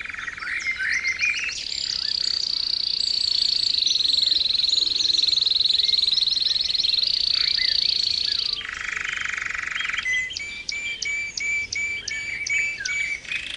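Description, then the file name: Canary song with a long sustained high rolling trill, a low harsh buzzy burst, then repeated sharp chirps and whistled notes. Canary training song (kenari terapi), posted October 2013. "kenari terapi omkicau"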